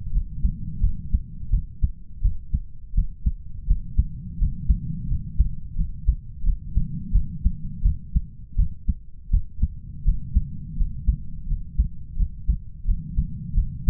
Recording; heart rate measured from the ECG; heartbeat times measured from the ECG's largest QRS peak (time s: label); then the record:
heart sounds by stethoscope; 85 bpm
0.12 s: heartbeat
0.81 s: heartbeat
1.50 s: heartbeat
2.22 s: heartbeat
2.94 s: heartbeat
3.67 s: heartbeat
4.38 s: heartbeat
5.08 s: heartbeat
5.76 s: heartbeat
6.43 s: heartbeat
7.12 s: heartbeat
7.83 s: heartbeat
8.56 s: heartbeat
9.30 s: heartbeat
10.04 s: heartbeat
10.77 s: heartbeat
11.47 s: heartbeat
12.16 s: heartbeat
12.85 s: heartbeat
13.54 s: heartbeat
From the record:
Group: healthy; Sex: male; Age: 33 years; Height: 179 cm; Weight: 80.4 kg